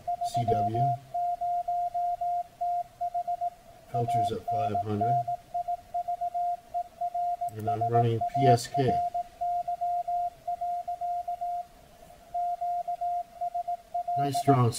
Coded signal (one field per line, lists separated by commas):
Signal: Morse code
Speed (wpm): 18 wpm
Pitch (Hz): 700 Hz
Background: speech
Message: 30TH ANNIVERSARY. QSL